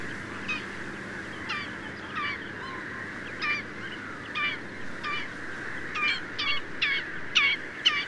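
Black-winged stilt uttering short, nasal yelps, spaced unevenly and growing louder toward the end, over constant background hiss.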